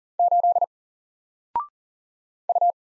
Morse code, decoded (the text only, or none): 8 U